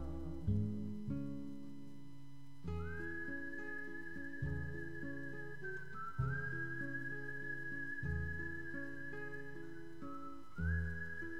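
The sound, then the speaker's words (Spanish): A person whistles a smooth, sustained melody with gliding notes, carried over a steady strummed and plucked instrumental accompaniment with a low bass line; no voices. “Los pajaritos del monte los saludan al pasar, y el peoncito va soñando, soñando con su silbar.”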